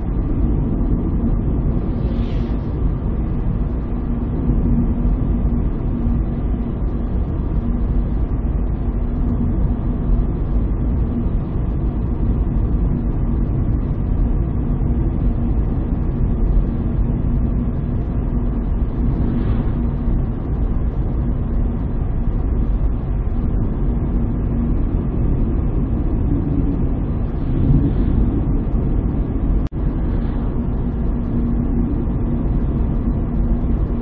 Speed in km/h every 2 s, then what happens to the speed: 65, 65, 65, 64, 64, 64, 64, 64, 64, 64, 64, 64, 64, 65, 65, 66, 66.
0-34 steady at about 64.